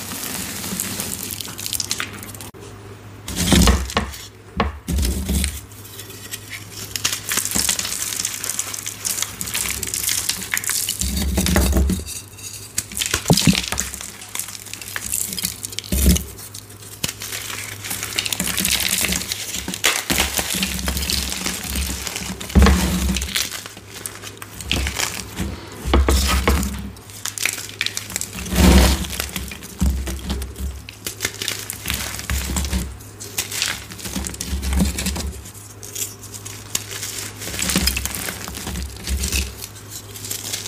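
Gym chalk bombs are squeezed and crushed in a dense, continuous crumbling crunch, with frequent sharp gritty bursts and brief pauses throughout.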